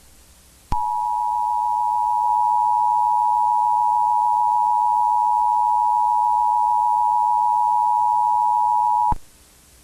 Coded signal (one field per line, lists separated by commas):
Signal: Emergency Alert System (SAME) tones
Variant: 853 and 960 Hz attention tone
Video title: EAS Scenario | Red Trollface (#108)